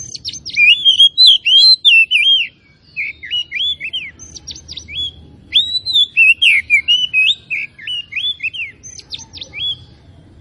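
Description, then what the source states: Oriental magpie-robin singing in bursts, mixing sweet slurred whistles with dry, rapid ticking notes, brief pauses between phrases. Kacer of the Tretes type, described as gacor (singing vigorously).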